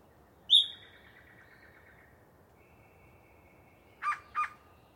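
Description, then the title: Yellow-breasted chat song: a sharp whistle leading into a buzzy trill, a quiet pause, then two harsh chuck notes. Long pre-dawn singing session by one particularly chatty bird in deciduous cover. "A Very Chatty Yellow-breasted Chat"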